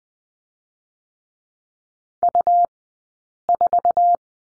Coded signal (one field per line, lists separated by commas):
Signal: Morse code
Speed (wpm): 20 wpm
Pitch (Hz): 700 Hz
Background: none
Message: U4